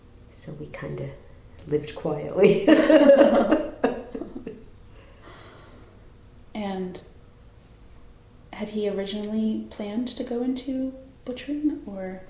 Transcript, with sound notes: so we kind of lived quietly [laughter]
Had he originally planned to go into butchering, or...?